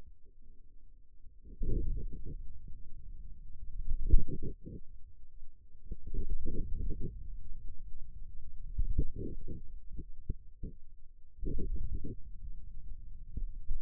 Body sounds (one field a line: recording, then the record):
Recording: forearm muscle sounds (acoustic myography)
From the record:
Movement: wrist flexion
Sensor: system 2, bracelet of six BSWA MPA416 microphones around the upper forearm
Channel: 3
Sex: male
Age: 22 years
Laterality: right